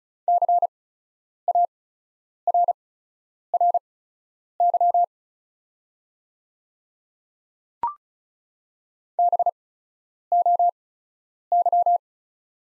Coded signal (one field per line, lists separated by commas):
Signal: Morse code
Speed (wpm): 34 wpm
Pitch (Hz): 700 Hz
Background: none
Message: CARRY BOY